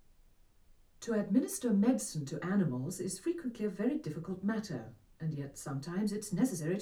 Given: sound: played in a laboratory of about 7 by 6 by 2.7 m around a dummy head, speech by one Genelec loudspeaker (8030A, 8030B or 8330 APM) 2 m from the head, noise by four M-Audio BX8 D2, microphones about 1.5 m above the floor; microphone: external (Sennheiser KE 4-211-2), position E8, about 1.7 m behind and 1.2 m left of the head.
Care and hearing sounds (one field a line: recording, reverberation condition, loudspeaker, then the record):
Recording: female speech in English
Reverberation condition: low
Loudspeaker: 90 degrees to the right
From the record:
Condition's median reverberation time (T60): about 310 ms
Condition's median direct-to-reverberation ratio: about 3.5 dB